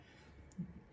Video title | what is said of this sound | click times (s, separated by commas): How To Change Oil Cooler On A 2014 Dodge Journey 3.6 AWD SXT Trim - Part 1 of 2 | I don't know if you heard that uh click just now but when that clicks you | 0.5 s